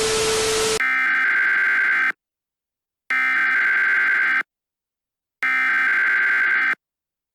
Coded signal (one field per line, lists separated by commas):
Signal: Emergency Alert System (SAME) tones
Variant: header bursts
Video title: EAS Scenario: The Final Hours Of Dawn [FULL ANALOG HORROR]